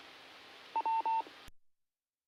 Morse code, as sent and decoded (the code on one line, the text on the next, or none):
none